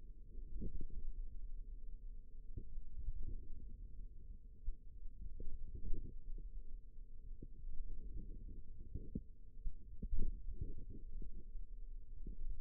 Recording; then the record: forearm muscle sounds (acoustic myography)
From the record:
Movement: hand opening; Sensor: system 2, bracelet of six BSWA MPA416 microphones around the upper forearm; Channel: 4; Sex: female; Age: 22 years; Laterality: right